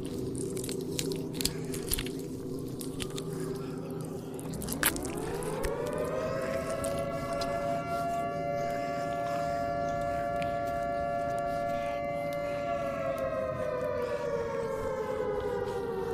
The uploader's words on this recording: Zombie apocalypse ASMR Ambience. Zombie eat/bite/moan.